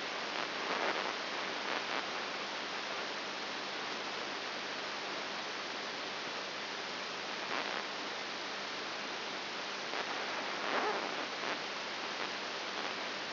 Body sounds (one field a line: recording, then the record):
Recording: brain microelectrode recording played as sound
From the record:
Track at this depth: inside the subthalamic nucleus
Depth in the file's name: 3.501 mm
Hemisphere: right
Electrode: 3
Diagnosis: Parkinson's disease